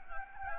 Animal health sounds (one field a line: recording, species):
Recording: mosquito wingbeat signal from an infrared sensor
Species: Anopheles gambiae